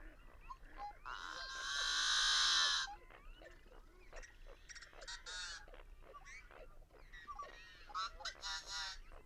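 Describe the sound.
Birds calling, a long loud harsh screech early on, then a busy mix of chirps, clicks and shorter rasping bursts.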